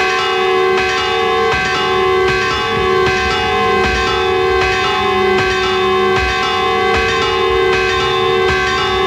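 Church bells in San Juan de Telde on the island of Gran Canaria peal loudly and continuously at 11:04 in the morning, their overlapping metallic tones ringing together while fresh strikes land in a steady, rapid rhythm. No voices are heard.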